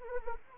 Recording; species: mosquito wingbeat signal from an infrared sensor; Anopheles arabiensis